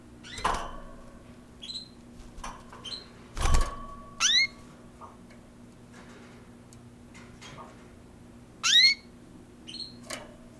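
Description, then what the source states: Canaries giving sparse, rising whistled sweeps and short chirps spaced several seconds apart, with a few dull knocks and a low steady hum underneath. Several canaries, recorded with a coincident microphone pair of Electro-Voice RE 510s.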